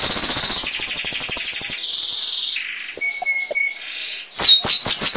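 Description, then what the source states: Bird song: a fast, chattering high trill, then a brief steady whistled note and soft clicks, ending in a burst of sharp, rapid chips. Masteran bird song.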